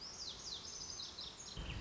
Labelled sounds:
Lazuli Bunting
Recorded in Sonoma County, California

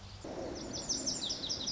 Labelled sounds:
Lazuli Bunting
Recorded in Sonoma County, California

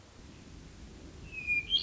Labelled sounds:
Hermit Thrush
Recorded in Sonoma County, California

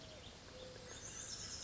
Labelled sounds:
Mourning Dove
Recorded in Sonoma County, California

